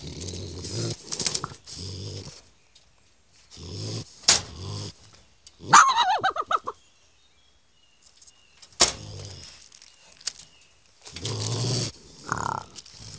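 Raccoon growls in several rough low bursts, with a sharp wavering whine in the middle, sudden clicks, and a brief squeal near the end.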